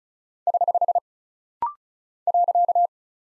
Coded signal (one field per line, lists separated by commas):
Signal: Morse code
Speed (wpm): 36 wpm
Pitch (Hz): 700 Hz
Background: none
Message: <HH> .